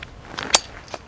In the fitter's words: oh and it snaps in place that